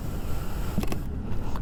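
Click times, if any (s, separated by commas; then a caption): 0.8 s, 0.9 s, 1.6 s. A 45-litre silver aluminium motorcycle top box is pushed onto its rear rack mounting plate, lining its four clamps up with the four plates until they lock. Sharp clicks are heard at 0.8, 0.9 and 1.6 seconds over a steady low rumble. The box is seated and no longer moves when shaken.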